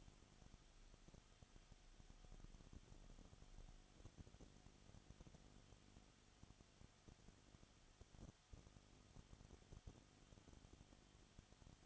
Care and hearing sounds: daily activity, microphone in the room; no activity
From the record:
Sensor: 4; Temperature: 22.7 degrees Celsius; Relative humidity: 31.7%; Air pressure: 995.4 hPa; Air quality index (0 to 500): 158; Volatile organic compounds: 2 ppm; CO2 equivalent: 1256 ppm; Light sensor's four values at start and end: 2/3/1/1 and 2/3/1/1

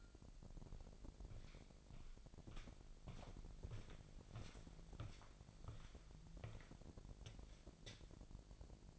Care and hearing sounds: daily activity, microphone in the room; walk to room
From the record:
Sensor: 5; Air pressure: 1002.1 hPa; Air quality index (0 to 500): 249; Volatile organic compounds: 7 ppm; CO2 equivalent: 2030 ppm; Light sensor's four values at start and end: 31/75/30/32 and 33/75/32/34

